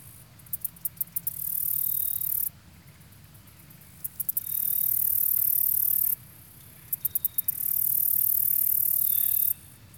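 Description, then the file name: Insect buzz, several high, even buzzing stretches that alternate with brief quiet gaps and rapid ticking clicks. Marsh near the shore of a small lake. "kevin boucher nature insects marsh near shore small lake"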